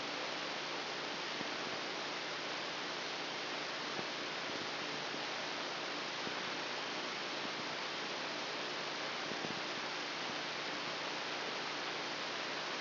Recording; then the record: brain microelectrode recording played as sound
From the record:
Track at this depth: inside the subthalamic nucleus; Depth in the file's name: 2.311 mm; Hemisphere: left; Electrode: 2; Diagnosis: Parkinson's disease